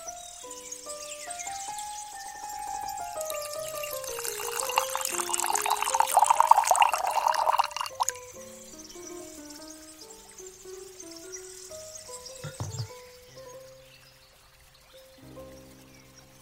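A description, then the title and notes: Tea pours in a rising gurgling stream that swells to a bright splash around six seconds, then stops; small clinks and drips follow quietly. Morning garden asmr ambience. Nature sounds birds/water flowing. Tea pouring.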